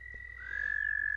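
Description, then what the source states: American toad trill, a sustained musical tone that shifts slightly down in pitch early on, then holds steady and even, over a faint low hum. Long, drawn-out musical trill lasting up to half a minute; each male in a chorus calls at a slightly different pitch; breeds mid-March through May in temporary ponds, including water-filled vehicle ruts.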